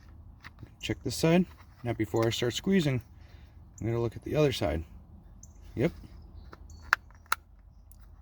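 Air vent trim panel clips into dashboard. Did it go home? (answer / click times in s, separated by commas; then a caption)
yes / 6.9 s, 7.3 s. Someone talks while a dash air vent trim panel on a 12th-generation Corolla is pressed back into the dashboard. Two sharp clicks ring out at 6.9 s and 7.3 s as its plastic retaining clips snap in on both sides, and the trim is seated.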